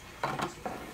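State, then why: Not seated. A plastic assembly part is handled and lined up against the body of a Hoover WindTunnel T Series bagged UH30300 upright vacuum cleaner during assembly. Two plastic knocks are heard around 0.2 s and 0.7 s over a low background. Nothing has seated or clicked yet; the part is not yet home.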